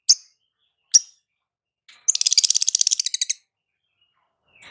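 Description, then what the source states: Lovebird calls: two sharp high chirps, then a rapid trill of about a second, and a faint chirp at the close. Lovebird singing in the 'konslet' song style; used as a masteran (training) recording.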